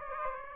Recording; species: mosquito wingbeat signal from an infrared sensor; Aedes aegypti